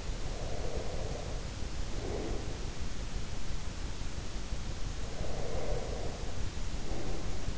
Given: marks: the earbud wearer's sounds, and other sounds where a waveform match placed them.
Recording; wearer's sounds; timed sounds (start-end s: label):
sounds in sleep by an in-ear microphone; breath
0.18-2.96 s: breath
5.10-7.58 s: breath